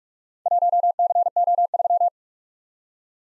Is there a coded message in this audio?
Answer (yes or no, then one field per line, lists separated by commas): yes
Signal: Morse code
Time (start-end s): 0.5-2.1 s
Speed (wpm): 44 wpm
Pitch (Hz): 700 Hz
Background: none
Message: 1CO3